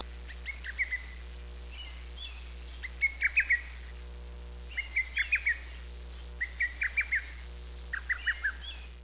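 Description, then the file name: Lesser cuckoo calling, loud staccato phrases of several sharp notes, repeated every couple of seconds, with a steady low hum underneath. "hototogisu"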